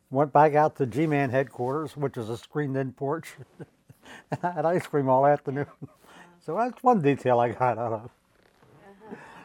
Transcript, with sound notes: Went back out to the G-man headquarters, which is a screened-in porch [chuckles] and had ice cream all afternoon. So that's one detail I got out of.
Uh-huh.